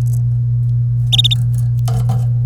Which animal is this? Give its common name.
Domestic Canary